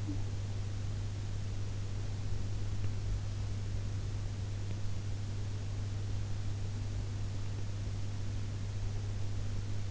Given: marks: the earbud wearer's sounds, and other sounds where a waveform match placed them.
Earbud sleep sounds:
sounds in sleep by an in-ear microphone; talking in sleep
0.00-0.27 s: talking in sleep

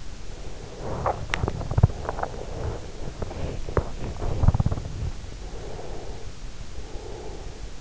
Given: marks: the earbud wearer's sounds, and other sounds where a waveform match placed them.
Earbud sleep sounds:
sounds in sleep by an in-ear microphone; breath, body movement
0.21-0.76 s: breath
0.77-5.28 s: body movement
5.41-7.81 s: breath

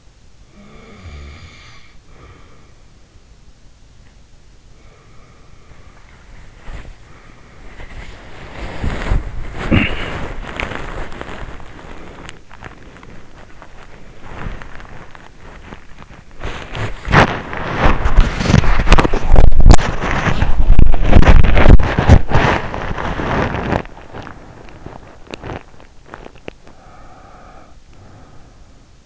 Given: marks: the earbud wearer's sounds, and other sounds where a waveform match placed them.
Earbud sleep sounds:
sounds in sleep by an in-ear microphone; snoring breath, breath, body movement, cough or throat clearing or sniffle, teeth grinding
0.56-2.89 s: snoring breath
4.65-5.95 s: breath
5.81-26.54 s: body movement
9.56-10.32 s: cough or throat clearing or sniffle
12.27-15.96 s: teeth grinding
24.19-26.88 s: teeth grinding
26.74-29.05 s: breath

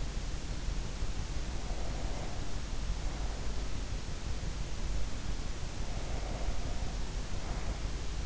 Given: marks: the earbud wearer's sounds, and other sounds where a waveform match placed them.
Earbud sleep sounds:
sounds in sleep by an in-ear microphone; breath
1.23-3.82 s: breath
5.63-8.26 s: breath

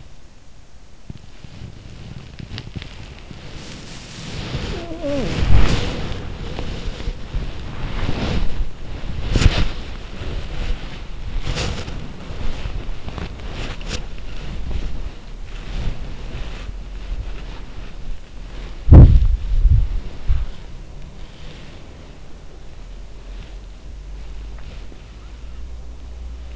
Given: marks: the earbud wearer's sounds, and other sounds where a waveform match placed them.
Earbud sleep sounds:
sounds in sleep by an in-ear microphone; body movement, talking in sleep, breath
0.00-26.56 s: body movement
4.44-6.18 s: talking in sleep
18.40-19.99 s: breath

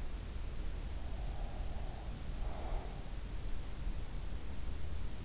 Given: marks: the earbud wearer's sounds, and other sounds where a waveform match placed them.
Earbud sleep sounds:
sounds in sleep by an in-ear microphone; breath
0.77-3.50 s: breath

